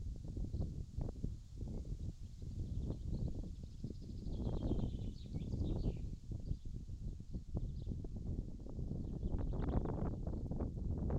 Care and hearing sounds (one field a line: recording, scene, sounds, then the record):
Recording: everyday scene through a hearing-aid microphone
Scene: wind on the microphone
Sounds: wind, birds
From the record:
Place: in front of a rural house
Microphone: in the ear canal, left